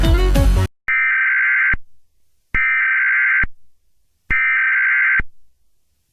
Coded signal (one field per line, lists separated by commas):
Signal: Emergency Alert System (SAME) tones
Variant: header bursts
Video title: EAS Scenario - The Bees (40 Subscriber Special)